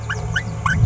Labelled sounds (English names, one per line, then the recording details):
Green-rumped Parrotlet babbling
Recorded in a nest box in Venezuela
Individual 18B17A3